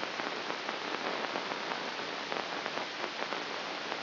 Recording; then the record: brain microelectrode recording played as sound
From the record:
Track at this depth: inside the subthalamic nucleus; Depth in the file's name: 1.551 mm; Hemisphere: right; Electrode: 2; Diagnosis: Parkinson's disease